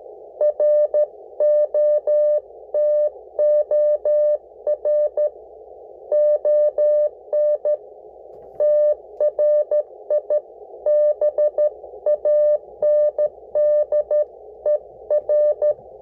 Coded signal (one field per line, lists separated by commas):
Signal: Morse code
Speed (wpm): 13 wpm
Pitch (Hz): 600 Hz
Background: none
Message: ROTOR ON TRIBANDER